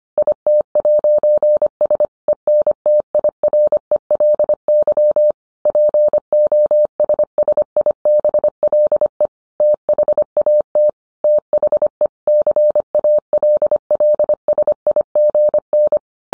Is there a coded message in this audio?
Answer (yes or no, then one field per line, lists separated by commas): yes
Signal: Morse code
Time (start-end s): 0.2-16.0 s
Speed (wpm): 25 wpm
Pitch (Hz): 600 Hz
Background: none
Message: IT'S ENTIRELY POSSIBLE THAT THE CALLSIGN